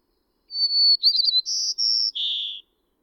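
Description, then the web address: White-crowned sparrow singing one phrase that opens with a steady whistled note, moves through quick warbled notes and two buzzy high tones, and ends on a lower buzz. Common western North American species. "Know Your Bird Sounds Common Western Species. White-crowned Sparrow"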